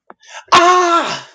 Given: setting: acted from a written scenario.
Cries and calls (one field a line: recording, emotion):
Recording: vocal sound without words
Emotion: pain